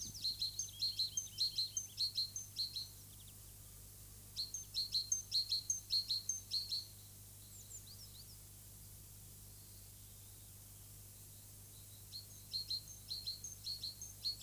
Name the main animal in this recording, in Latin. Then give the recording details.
Parus major. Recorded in the wild. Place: Köppchensee, Berlin, DE. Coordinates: 52.6167, 13.3667. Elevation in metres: 40. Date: 2004-04-17 14:17. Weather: sunny, 16-18°C. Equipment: Fair Mate ST-1328 (Asahi Electronics, Japan), Sennheiser ME 80, Kopie Uher 4000 Report Monitor. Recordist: Tembrock, Günter